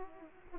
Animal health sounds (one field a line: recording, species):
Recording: mosquito wingbeat signal from an infrared sensor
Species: Aedes aegypti